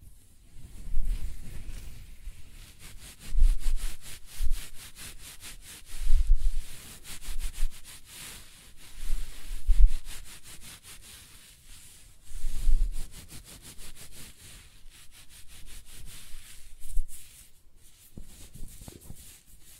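Close-up hair sounds: scratching and brushing strokes in a steady back-and-forth rhythm, each pass a dry, fine rasp with a soft low thump. Strokes swell in bursts roughly every two to three seconds, with quieter rustling between them throughout.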